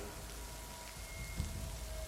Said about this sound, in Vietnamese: Không khí hành khô lạnh buốt, mưa rơi vô tội vạ, đập vào mái tôn vang lên những âm thanh chát chúa như muốn chọc thủng màng nhĩ.